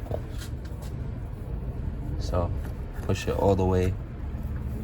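On a 2015 Ford F150 Platinum Edition with a V6 turbo EcoBoost, a plastic wiring harness connector is pushed fully onto a better-lit ignition coil during a spark plug change. Someone talks over a steady low rumble, with a brief sharp tick near 0.1 s. The connector is handled but nothing has seated or clicked yet.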